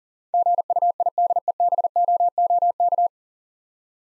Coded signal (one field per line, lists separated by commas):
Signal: Morse code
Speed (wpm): 38 wpm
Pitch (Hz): 700 Hz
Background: none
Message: GUIDEBOOK